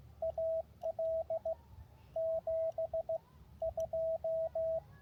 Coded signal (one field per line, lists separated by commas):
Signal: Morse code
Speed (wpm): 16 wpm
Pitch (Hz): 650 Hz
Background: radio noise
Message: AL 72